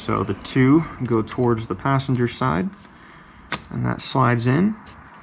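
Someone talks while a 12 volt cigarette lighter socket in a Chevrolet Colorado is slid into the dash bezel, with its keying features lined up toward the passenger side. A brief sharp sound is heard at about 3.5 s during a pause in the talking. The socket has not popped into place or seated yet when the clip ends.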